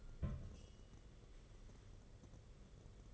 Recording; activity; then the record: daily activity, microphone in the room; place on stove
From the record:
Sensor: 4